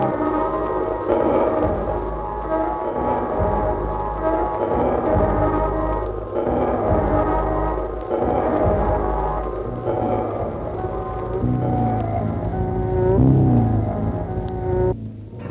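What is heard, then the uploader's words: A dense chorus of golden jackals and wildebeest fills the whole clip, with many wavering, overlapping calls layered into a steady wall of sound. Low grunting and moaning runs underneath throughout, and rising, sliding wails stand out near the end. Golden Jackal Sunset Chorus, Wildebeeste and Hyena.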